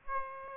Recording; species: mosquito wingbeat signal from an infrared sensor; Aedes aegypti